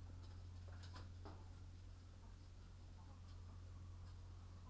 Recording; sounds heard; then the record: poultry house recording; sick chickens (respiratory disease)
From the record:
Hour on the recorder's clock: 22